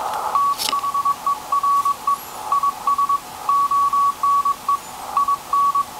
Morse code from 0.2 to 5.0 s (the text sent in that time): THERE IS ONE